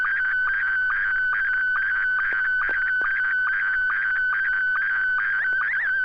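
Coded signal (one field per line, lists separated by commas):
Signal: SSTV (slow-scan television)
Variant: Scottie 1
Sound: warbling tone around 1.5-2.3 kHz with a short lower chirp about twice a second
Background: FM radio hum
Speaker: pretty sure the system's up and running so here we go n6 YG Scotty one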